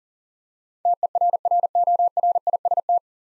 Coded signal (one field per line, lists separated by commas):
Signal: Morse code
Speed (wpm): 40 wpm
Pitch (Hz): 700 Hz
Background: none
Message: TERRORIST